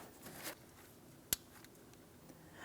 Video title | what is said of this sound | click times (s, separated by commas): How to Replace Coolant Temperature Sensor 2004-2008 Pontiac Grand Prix 3.8L V6 | After an audible click, | 1.3 s